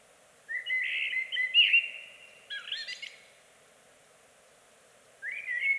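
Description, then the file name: Eurasian blackbird singing a mellow, fluting whistled phrase that finishes in a higher, squeaky twitter; a pause follows before the next phrase opens near the end. "Amsel Bird Blackbird"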